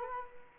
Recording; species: mosquito wingbeat signal from an infrared sensor; Culex quinquefasciatus